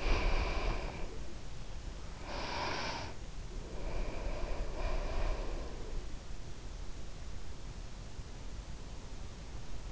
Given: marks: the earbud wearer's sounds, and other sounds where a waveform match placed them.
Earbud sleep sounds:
sounds in sleep by an in-ear microphone; breath
0.00-1.28 s: breath
2.37-5.75 s: breath

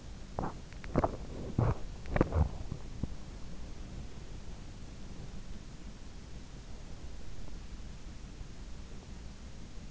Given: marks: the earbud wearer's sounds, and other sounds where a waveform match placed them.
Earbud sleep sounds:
sounds in sleep by an in-ear microphone; teeth grinding
0.00-3.05 s: teeth grinding

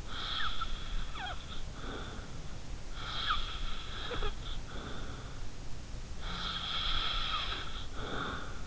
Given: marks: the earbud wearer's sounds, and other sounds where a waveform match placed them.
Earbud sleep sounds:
sounds in sleep by an in-ear microphone; snoring breath
0.05-2.37 s: snoring breath
2.99-5.34 s: snoring breath
6.20-8.67 s: snoring breath

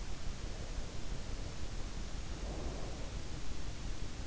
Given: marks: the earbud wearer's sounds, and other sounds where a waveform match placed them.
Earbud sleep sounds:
sounds in sleep by an in-ear microphone; breath
2.17-3.28 s: breath

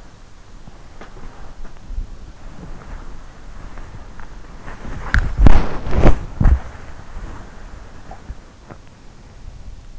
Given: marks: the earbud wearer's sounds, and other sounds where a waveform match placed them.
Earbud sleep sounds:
sounds in sleep by an in-ear microphone; body movement
0.00-8.51 s: body movement

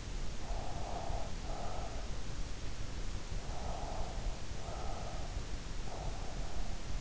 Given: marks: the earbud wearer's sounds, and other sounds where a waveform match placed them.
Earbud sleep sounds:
sounds in sleep by an in-ear microphone; breath
0.43-2.32 s: breath
3.31-5.53 s: breath

